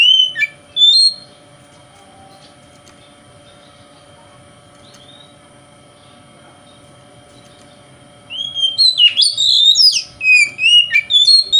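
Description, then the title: Oriental magpie-robin gives two short whistled notes, falls silent for several seconds apart from a faint hum, then bursts into a fast, varied whistled phrase. Song style called 'konslet' in Indonesian, presented as a song that provokes other magpie-robins. "Kacer Konslet Bikin Kacer Lain"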